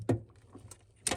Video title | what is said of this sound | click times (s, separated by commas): Replace Your Frigidaire Ice Maker in Minutes - One Handed! | and that'll click in place. | 1.1 s